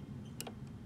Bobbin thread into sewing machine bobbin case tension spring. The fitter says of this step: click you hear that click okay then once you hear the click it means it's engaged